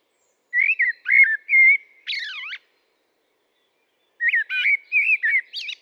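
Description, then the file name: Common blackbird song in two phrases: rich whistled notes rising and falling, the first phrase closing on a looping, slurred flourish. "Turdus merula"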